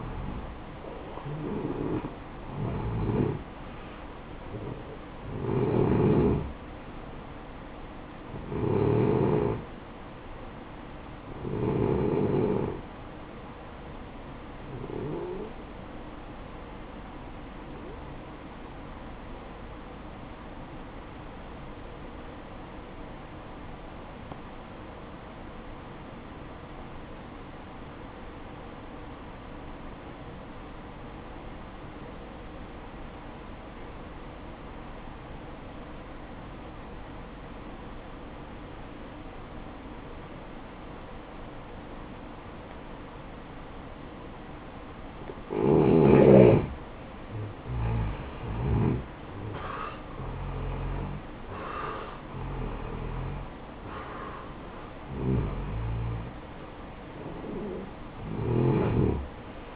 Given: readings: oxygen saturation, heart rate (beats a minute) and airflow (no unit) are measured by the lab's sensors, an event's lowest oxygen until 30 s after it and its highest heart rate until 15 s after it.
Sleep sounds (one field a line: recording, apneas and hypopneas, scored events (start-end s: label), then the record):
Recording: breathing in sleep by a voice recorder at the bedside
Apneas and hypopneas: 1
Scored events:
6.00-59.76 s: new sleep stage, N1 (lightest sleep)
15.00-45.40 s: hypopnea (N1, oxygen 96% highest, then 86% lowest, heart rate 58 at the start, 69 highest)
From the record:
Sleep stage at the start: N2 (light sleep)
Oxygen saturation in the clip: 87 to 96%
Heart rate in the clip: 55 to 71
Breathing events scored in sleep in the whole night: 573 in 9.8 hours asleep